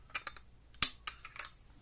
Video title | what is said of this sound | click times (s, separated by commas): Suzuki DR650 cogent DDC fork valve installation. | you can hear that clicking in so | 0.8 s